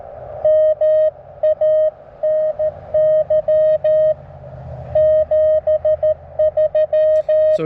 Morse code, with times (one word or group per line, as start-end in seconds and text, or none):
0.4-4.1 MANY
5.0-7.6 73